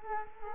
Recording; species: mosquito wingbeat signal from an infrared sensor; Culex quinquefasciatus